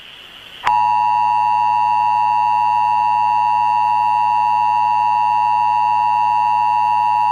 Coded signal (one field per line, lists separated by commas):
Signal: Emergency Alert System (SAME) tones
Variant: 853 and 960 Hz attention tone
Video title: Fire Tornado Emergency for South Lake Tahoe. EAS Mock￼